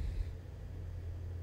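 An internal cable connector is being handled during reassembly of a Harman Kardon Onyx Studio Bluetooth speaker, about to be pushed into its socket on the circuit board. Only a steady low hum and faint handling noise are heard, with no sharp transients. Nothing has seated or clicked yet.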